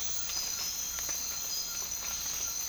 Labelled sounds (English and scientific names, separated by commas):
none